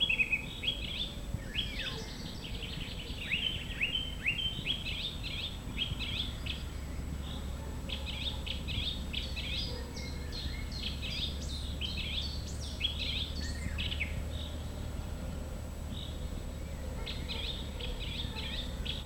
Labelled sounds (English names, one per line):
Eurasian Blackcap song